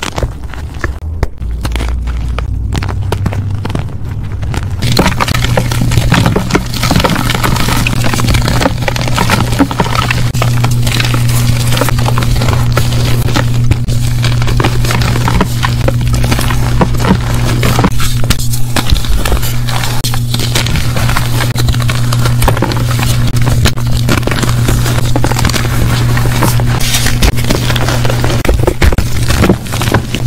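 Powder crunching in quick, dense, crackly bursts that run almost without pause for the full thirty seconds, with loudness holding steady. The first few seconds are sparser, with separate snaps, and a low steady hum sits underneath from about five seconds on.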